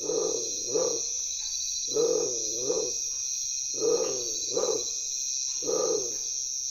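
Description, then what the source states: Bare-throated Tiger Heron giving deep, low, hoarse calls in paired bursts, repeated roughly every two seconds, over a steady high insect drone. Recorded close up at nightfall in Guatemala; deep, low sound, given with the neck extended outward as far as possible.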